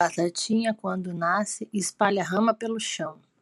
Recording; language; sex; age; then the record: short text; Brazilian Portuguese; female; 40 to 49 years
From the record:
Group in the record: control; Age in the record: 40 years